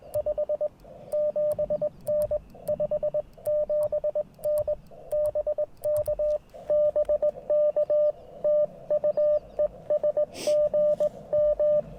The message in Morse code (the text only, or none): 57N 57N BK BK TU ES GM